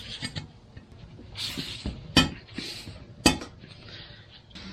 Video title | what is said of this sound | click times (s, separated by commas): NEVER BEFORE SEEN: RK and TYM T25 Hub Bearing Seal Replacement - E131 | so it snaps just like that | 3.3 s